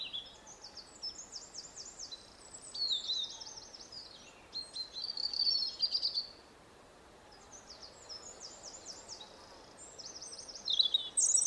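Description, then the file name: European robin song in high, rapid, trilled phrases, some rising and falling, with quieter stretches between them and a shrill flourish at the close. "Erithacus rubecula"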